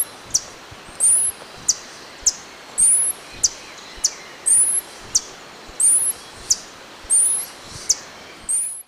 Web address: Natures Songs S America Eastern Lowlands Tangara chilensis, dawn song